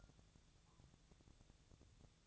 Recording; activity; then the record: daily activity, microphone in the room; take from stove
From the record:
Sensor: 3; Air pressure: 999.2 hPa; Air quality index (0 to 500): 197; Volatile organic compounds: 44 ppm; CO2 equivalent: 3208 ppm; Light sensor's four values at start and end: 7/17/7/7 and 7/17/7/7